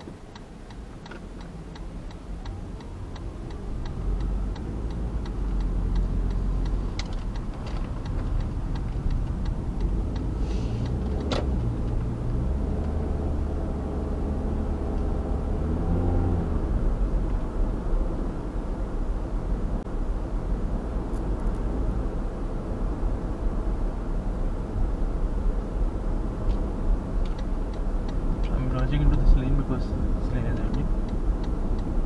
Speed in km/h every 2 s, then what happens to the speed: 0, 0, 13, 18, 16, 20, 30, 38, 46, 47, 48, 47, 47, 48, 46, 46.
0-2 standing. 2-5 pulls away to 18. 5-10 steady at about 18. 10-16 speeds up to 46. 16-32 steady at about 47.